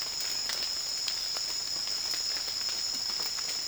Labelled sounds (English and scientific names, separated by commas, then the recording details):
none
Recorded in secondary vegetation near Puerto Asís, Putumayo, Colombia, on 30 June 2025 at 17:30
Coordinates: 0.485, -76.322
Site GP06